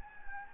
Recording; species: mosquito wingbeat signal from an infrared sensor; Anopheles gambiae